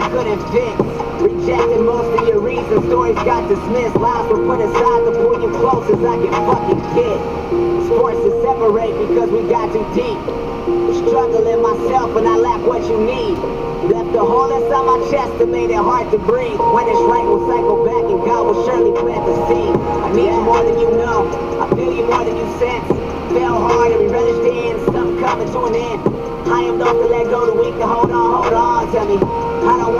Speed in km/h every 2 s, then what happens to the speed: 78, 77, 78, 79, 80, 80, 78, 78, 78, 79, 80, 81, 79, 78, 78.
0-30 steady at about 78.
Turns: none.